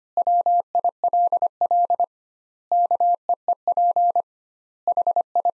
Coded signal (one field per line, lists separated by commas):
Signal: Morse code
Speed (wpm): 25 wpm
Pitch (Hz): 700 Hz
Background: none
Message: WILL KEEP HI